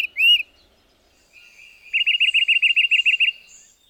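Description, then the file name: Tufted titmouse song, one slurred note followed after a pause by a rapid run of many clear whistled notes. "Tufted Titmouse Lang Elliott"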